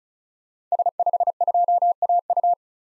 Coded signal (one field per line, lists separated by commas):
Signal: Morse code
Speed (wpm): 36 wpm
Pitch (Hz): 700 Hz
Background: none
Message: S52AU